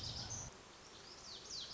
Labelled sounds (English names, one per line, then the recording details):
Lazuli Bunting
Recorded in Sonoma County, California